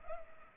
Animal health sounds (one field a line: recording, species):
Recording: mosquito wingbeat signal from an infrared sensor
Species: Culex pipiens